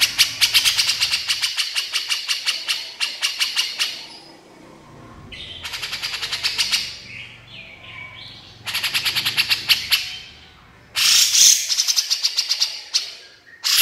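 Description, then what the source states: Horsfield's bush lark song in repeated bouts of rapid, high, buzzy-edged chips, separated by brief quiet gaps and a few softer slurred notes. Branjangan masteran recording used to train caged songbirds, described as super gacor (singing constantly).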